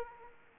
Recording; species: mosquito wingbeat signal from an infrared sensor; Aedes aegypti